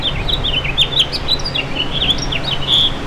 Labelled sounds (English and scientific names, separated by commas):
House Finch (Haemorhous mexicanus) song